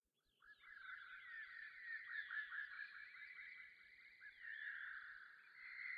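Eurasian skylark singing a continuous, rapid warbling stream of chirps and trills, high-pitched and unbroken, rising in volume after a quiet start.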